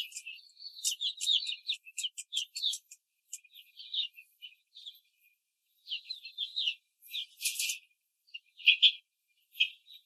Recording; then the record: young laying hens in a cage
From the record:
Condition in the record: control cage, before the stress test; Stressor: none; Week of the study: 4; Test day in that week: 1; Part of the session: 2